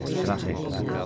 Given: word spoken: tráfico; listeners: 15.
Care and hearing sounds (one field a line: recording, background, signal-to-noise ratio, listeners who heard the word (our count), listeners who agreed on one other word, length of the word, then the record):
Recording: one Spanish word in noise, from a listening test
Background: eight-talker babble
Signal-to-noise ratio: -3.7 dB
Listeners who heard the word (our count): 0 of 15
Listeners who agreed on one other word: 10 of 15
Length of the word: 0.66 s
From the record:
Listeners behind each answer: 10, 2, 1, 1, 1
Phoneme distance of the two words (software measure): 34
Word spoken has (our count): 3 syllables, 7 phonemes, stress on syllable 1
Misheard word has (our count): 2 syllables, 5 phonemes, stress on syllable 1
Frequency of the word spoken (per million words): 58.66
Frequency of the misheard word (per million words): 32.10